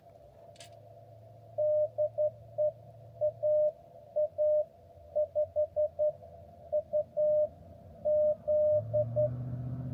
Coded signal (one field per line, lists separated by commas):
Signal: Morse code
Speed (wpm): 11 wpm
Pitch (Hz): 600 Hz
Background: none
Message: DE AA5UZ